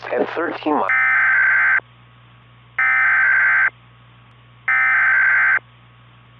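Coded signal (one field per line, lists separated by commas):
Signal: Emergency Alert System (SAME) tones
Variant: header bursts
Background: speech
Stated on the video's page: A fictional scenario of a child abduction emergency alert.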